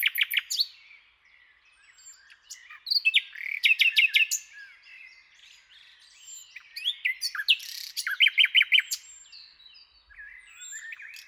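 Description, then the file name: Common nightingale song of scattered phrases: short bursts of quick repeated notes set among quieter chirps and thin whistles. "Luscinia megarhynchos"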